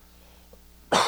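After a near-silent pause, a single abrupt, harsh cough bursts out at the very end from an adult man with a scratchy throat.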